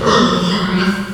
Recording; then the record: squeal of a Yucatan mini pig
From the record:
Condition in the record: after surgery on the right vocal fold (resection and tissue-engineered implant); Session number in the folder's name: 15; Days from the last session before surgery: 175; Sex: female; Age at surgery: 19 weeks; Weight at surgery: 25 kg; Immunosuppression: prednisolone